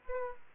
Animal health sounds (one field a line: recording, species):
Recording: mosquito wingbeat signal from an infrared sensor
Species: Aedes aegypti